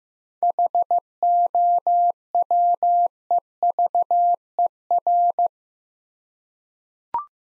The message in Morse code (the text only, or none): HOWEVER